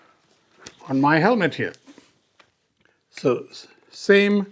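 A DJI Action 6 action camera is handled toward its plastic quick-release mount on a motorcycle helmet while someone talks, with a few faint ticks between phrases. Nothing has seated or clicked yet.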